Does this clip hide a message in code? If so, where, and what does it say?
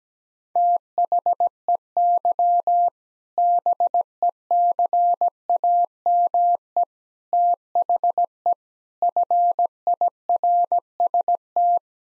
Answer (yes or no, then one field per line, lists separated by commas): yes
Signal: Morse code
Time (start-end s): 0.6-11.8 s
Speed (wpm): 17 wpm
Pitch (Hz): 700 Hz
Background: none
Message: THEY BECAME THE FIRST